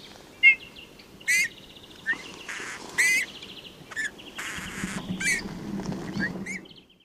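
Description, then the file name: Eurasian bullfinch calls: several short whistled notes at uneven intervals among buzzy chattering sounds, with a low rumbling hum in the background toward the end. "Pyrrhula pyrrhula"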